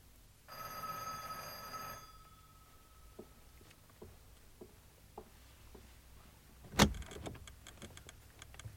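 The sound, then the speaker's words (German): A doorbell, rung by a police sergeant, rings once in a bright, buzzy, sustained tone for about a second and a half, followed by soft, evenly spaced taps and then a sharp clack like a door opening. “Klingeln Sie, Sergeant.”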